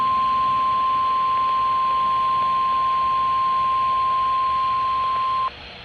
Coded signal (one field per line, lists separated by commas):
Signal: Emergency Alert System (SAME) tones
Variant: 1050 Hz attention tone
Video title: EAS #17 KDO89 severe weather preparedness week Required Weekly Test. 3/6/24